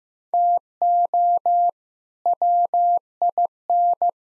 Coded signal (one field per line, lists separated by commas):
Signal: Morse code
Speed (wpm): 16 wpm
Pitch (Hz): 700 Hz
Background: none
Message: TO WIN